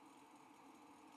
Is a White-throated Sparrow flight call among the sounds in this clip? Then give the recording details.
no. No flight call is heard. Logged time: 07:57 on 5 December 2014